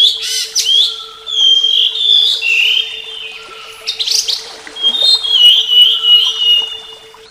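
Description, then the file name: Flycatcher song: rapid twitters and whistled phrases delivered in quick bursts, with a faint steady hum. Flycatcher song presented as therapy (terapi); uploaded 2014. "terapi sikatan"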